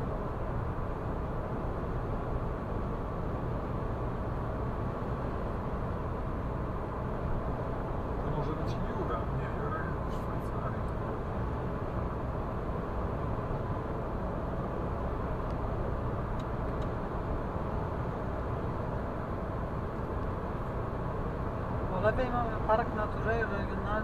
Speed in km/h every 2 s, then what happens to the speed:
108, 108, 108, 108, 108, 108, 108, 108, 107, 107, 106, 106.
0-24 steady at about 108.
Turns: none.